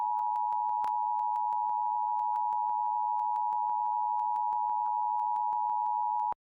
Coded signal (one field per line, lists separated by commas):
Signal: Emergency Alert System (SAME) tones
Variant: 853 and 960 Hz attention tone